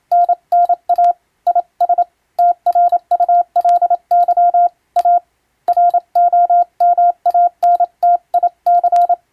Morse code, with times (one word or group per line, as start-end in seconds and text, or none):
0.1-1.1 NNA
1.5-2.0 IS
2.4-4.7 TRULY
5.0-5.2 A
5.7-9.1 ROMANTIC